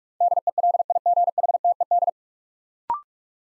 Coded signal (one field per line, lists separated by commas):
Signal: Morse code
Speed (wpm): 44 wpm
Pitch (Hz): 700 Hz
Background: none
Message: DELIGHTED